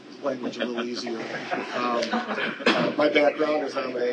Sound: laughter